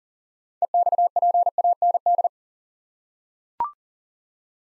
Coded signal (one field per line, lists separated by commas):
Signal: Morse code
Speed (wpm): 37 wpm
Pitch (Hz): 700 Hz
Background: none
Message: EXPAND